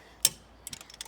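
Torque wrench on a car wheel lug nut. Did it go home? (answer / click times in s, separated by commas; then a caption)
yes / 0.2 s. A torque wrench set to 80 foot-pounds tightens a car wheel's lug nuts in a star pattern and gives one sharp click at 0.3 s when it reaches the setting, showing the nut is tight. Fainter ratcheting ticks follow from about 0.7 s to the end.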